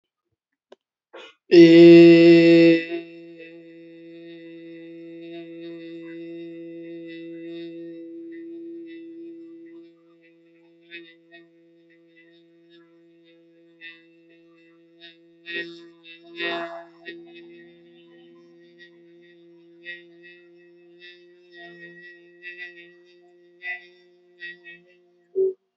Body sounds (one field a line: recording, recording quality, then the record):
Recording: sustained vowel as in made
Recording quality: excellent, no background noise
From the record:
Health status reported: healthy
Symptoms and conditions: cough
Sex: male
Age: 30 years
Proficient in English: yes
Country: India